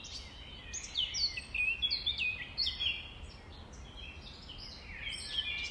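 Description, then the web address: Nightingale song, a series of clear whistled and chirping phrases, strongest early on, then quieter, over a low hiss. Nightingales recorded at dawn, around 05:33 on 5 May 2020. "2020 05 06 nightingales"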